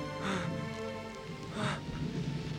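Rain begins to fall with a steady hiss, swelling in two brief gusts over a low rumble like thunder, while sustained tones hum underneath.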